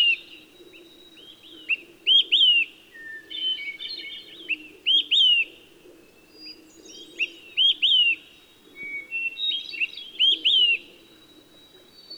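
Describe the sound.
Olive-sided flycatcher whistled song, clear three-part phrases repeated roughly every 2.7 seconds, with other small birds twittering in between and a steady low hum.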